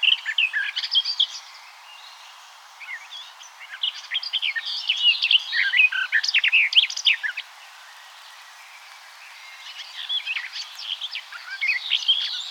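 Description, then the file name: Eurasian blackcap singing rich, hurried warbled phrases mixing scratchy and clearer notes, one long burst in the middle and shorter fragments at start and end. "Sylvia atricapilla"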